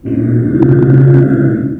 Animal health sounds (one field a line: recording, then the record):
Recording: squeal of a Yucatan mini pig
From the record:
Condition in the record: after surgery on the right vocal fold (resection and tissue-engineered implant)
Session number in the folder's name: 3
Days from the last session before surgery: 21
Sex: female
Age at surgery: 19 weeks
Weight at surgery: 25 kg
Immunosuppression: prednisolone